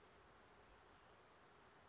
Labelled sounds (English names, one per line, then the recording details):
Brown Creeper
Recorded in Sonoma County, California